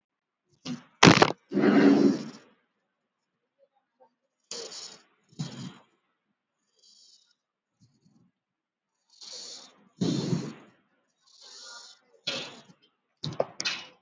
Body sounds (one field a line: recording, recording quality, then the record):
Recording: shallow breathing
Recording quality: excellent, no background noise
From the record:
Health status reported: healthy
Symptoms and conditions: cough, fever, muscle pain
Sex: female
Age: 46 years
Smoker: no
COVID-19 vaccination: both doses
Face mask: worn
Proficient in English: yes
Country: India